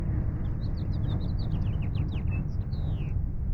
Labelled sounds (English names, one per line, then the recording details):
House Finch song
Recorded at Breezy Point on Long Island, New York, on 4 June 1975
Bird B